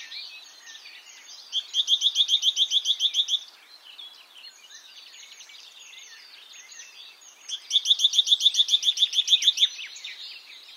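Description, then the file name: Great tit chattering call: two fast bursts of dry, buzzy repeated notes, each about two seconds long, with softer twittering in between. "Parus major"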